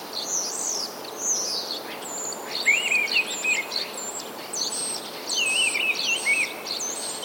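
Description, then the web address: Mistle thrush song: short warbled phrases in bursts, with thin high squeaky notes, over a steady background hiss. "wroblowe kolekcja paszkot"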